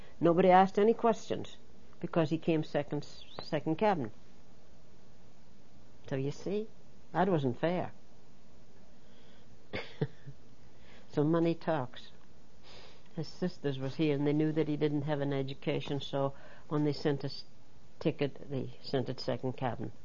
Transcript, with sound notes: Nobody asked any questions, because he came second, second cabin. So, you see, that wasn't fair. ( she laughs ) So, money talks. His sisters was here, and they knew that he didn't have an education, so when they sent his ticket they sent it second cabin.